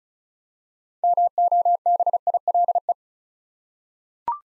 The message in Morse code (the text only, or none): MOBILE